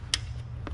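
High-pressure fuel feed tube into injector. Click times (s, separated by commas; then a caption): 0.1 s. A metal high-pressure fuel feed tube is pushed by bare fingers into the side of a 5.9L common rail Cummins injector on a Dodge diesel. A sharp little clunk at 0.1 s marks the tube seating, followed by a fainter knock at 0.7 s over a low steady hum. The feed tube is engaged where it needs to be on the injector.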